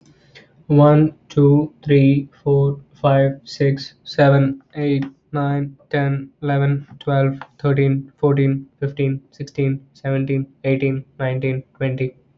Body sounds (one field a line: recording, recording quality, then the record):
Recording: counting at a normal pace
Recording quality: excellent, no background noise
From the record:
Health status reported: healthy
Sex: male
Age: 25 years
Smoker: yes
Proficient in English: yes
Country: Canada